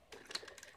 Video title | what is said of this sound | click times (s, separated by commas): Présentation de optimus prime/de la seson 2 de transformer prime | est bien clipser et voilà est | 0.3 s